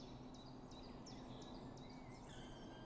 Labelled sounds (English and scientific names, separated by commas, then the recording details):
Common Chiffchaff (Phylloscopus collybita)
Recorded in Germany
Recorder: ecoPi